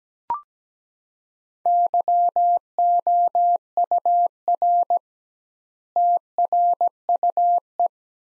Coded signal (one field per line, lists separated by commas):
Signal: Morse code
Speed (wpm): 17 wpm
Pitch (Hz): 700 Hz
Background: none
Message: YOUR TRUE